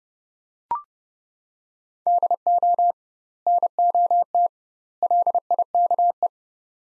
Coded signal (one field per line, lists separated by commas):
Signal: Morse code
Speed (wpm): 30 wpm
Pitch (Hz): 700 Hz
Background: none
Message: DO NOT LIKE